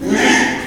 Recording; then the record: squeal of a Yucatan mini pig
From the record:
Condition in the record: after surgery on the right vocal fold (resection and tissue-engineered implant); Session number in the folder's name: 4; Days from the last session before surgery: 42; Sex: male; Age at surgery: 12 weeks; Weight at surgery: 13 kg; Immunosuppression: cyclosporine, prednisolone